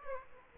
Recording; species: mosquito wingbeat signal from an infrared sensor; Aedes aegypti